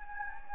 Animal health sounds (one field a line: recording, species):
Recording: mosquito wingbeat signal from an infrared sensor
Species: Anopheles gambiae